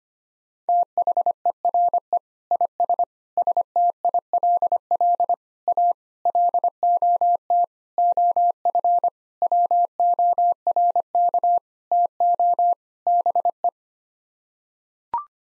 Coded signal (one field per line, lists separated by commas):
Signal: Morse code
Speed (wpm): 25 wpm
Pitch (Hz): 700 Hz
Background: none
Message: THERE IS STILL A LOT OF WORK TO BE